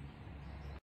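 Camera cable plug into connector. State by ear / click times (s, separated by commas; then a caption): not seated / none. A trimmed camera cable plug is handled near its connector on a GS2014S camera, with a steady low rumble and broadband noise lasting about 0.8 seconds before cutting off. The plug has been cut down to length, but nothing has seated or clicked yet.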